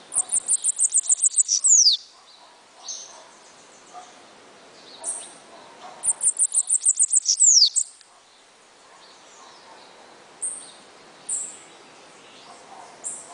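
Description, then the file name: Bananaquit song heard twice: rapid high thin ticks running into a descending buzz, followed by scattered short high squeaks. "Cambacica"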